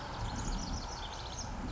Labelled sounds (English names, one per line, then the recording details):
House Wren
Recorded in Sonoma County, California